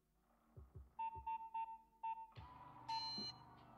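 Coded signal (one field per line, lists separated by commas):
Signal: none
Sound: game sound effects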